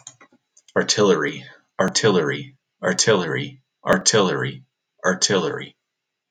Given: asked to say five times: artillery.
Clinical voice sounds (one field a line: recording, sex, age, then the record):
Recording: repeated word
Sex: male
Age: 20 to 29 years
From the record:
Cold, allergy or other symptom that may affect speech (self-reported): no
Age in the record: 27 years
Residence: Colorado, United States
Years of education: 16